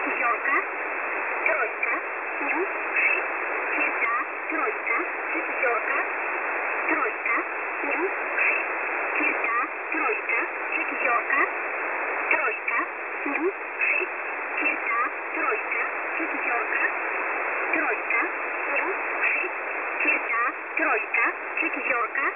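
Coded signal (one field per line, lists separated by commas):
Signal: numbers station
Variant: S11a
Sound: short evenly spaced spoken words over steady radio hiss and static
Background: radio static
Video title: S11a Message 19/02/2023 0830z 5371kHz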